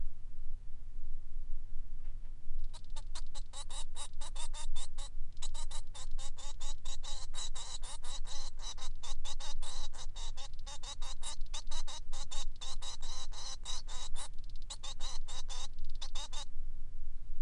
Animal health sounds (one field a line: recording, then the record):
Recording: song of a male Bengalese finch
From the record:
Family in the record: son of father 3